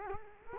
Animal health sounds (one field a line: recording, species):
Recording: mosquito wingbeat signal from an infrared sensor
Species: Culex quinquefasciatus